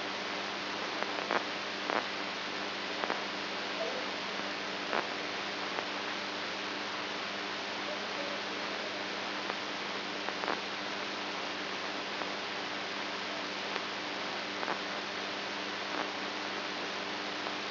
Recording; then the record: brain microelectrode recording played as sound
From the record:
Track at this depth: inside the subthalamic nucleus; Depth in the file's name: 3.717 mm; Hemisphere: right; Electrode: 2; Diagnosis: Parkinson's disease